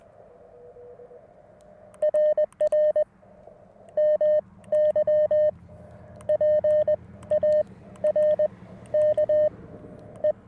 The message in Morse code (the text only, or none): RR MY PARK E